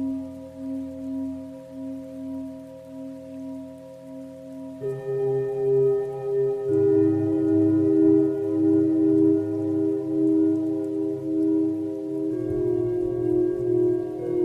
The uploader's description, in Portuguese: Frequência 432hz e taças tibetanas, batidas binaurais gamma e frequência Solfeggio